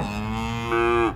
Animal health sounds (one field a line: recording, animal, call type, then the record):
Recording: contact call of a hoofed animal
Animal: cattle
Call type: low-frequency (closed-mouth) or high-frequency (open-mouth) call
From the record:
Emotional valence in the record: negative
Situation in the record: full separation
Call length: 1.16 s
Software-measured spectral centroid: 1900 Hz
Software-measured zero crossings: 1460 a second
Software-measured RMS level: -24 dBFS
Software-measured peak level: -10 dBFS